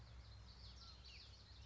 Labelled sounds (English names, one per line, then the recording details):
Common Yellowthroat
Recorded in Sonoma County, California